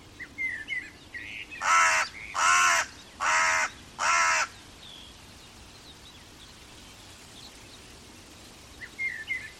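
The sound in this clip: Bird delivering four loud, grating caws evenly spaced, with faint chirps before and after.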